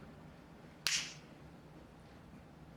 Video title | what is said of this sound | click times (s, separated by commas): Oakley Eye Jacket 3.0 Lenses Replacement Tutorial - How to Install New Lenses | you should hear a click | 0.9 s